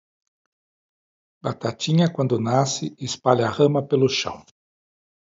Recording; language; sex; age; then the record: short text; Brazilian Portuguese; male; 60 to 69 years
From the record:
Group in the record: control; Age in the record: 64 years